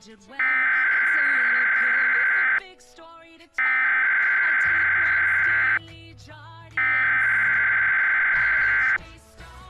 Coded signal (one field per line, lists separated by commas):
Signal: Emergency Alert System (SAME) tones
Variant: header bursts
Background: speech